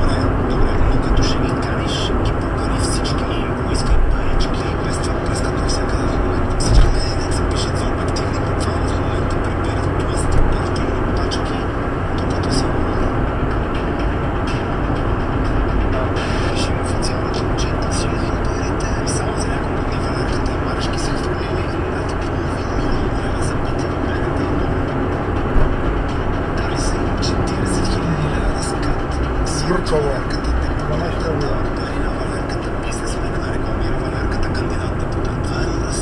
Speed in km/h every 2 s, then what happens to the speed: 80, 79, 80, 81, 82, 81, 80, 79, 79, 80, 80, 81, 81, 81, 77, 70, 66, 63.
0-26 steady at about 80. 26-36 slows to 63.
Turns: none.